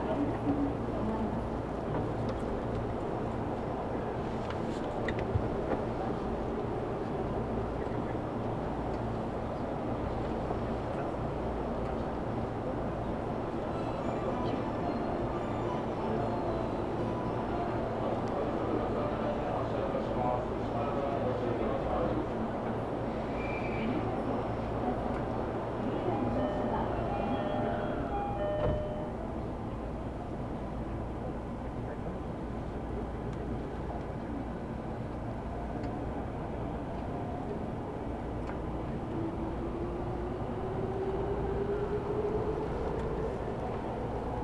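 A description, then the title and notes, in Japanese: A Tokyo Metro train runs between Iidabashi and Nishi-Funabashi, its deep rumble holding steady and dense throughout. Faint murmurs and brief squeaks surface in the middle, and near the end a motor whine climbs in pitch as the train changes speed. 東京メトロ 飯田橋→西船橋。津田沼行きの快速に乗車していますので、車両はＪＲの車両です。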